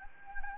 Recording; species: mosquito wingbeat signal from an infrared sensor; Anopheles gambiae